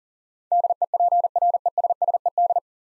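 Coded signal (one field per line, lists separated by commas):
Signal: Morse code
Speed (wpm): 37 wpm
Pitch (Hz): 700 Hz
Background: none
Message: DEPRESSED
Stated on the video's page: Morse practice drill of nine-letter words at 40 wpm, each sent, spoken, then resent for head-copy.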